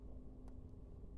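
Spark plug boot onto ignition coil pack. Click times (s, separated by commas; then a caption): 0.5 s. A rubber spark plug boot is pushed by thumb onto the coil pack terminal of a 2010 Equinox 2.4 during a coil pack replacement. Under a steady low hum, a faint, muffled click at 0.48 s marks the boot seating on the coil.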